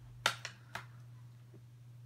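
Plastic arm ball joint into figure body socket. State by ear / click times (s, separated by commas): not seated / none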